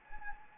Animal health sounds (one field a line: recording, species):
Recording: mosquito wingbeat signal from an infrared sensor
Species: Anopheles gambiae